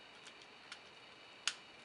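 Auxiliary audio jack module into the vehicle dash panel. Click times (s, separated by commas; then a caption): 1.5 s. A replacement auxiliary audio jack assembly for a Toyota Sienna is pushed into its plastic dash opening. A faint tick comes at about 0.7 s, then a sharp click at 1.5 s as the module seats in the dash panel.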